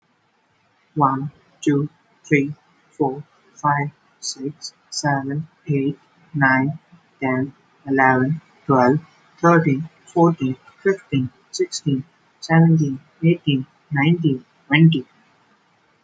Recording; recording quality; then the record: counting at a normal pace; excellent, no background noise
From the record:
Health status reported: healthy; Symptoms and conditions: none ticked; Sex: male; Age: 24 years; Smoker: not ticked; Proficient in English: yes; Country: India